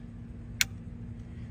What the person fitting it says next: There, it's snapped.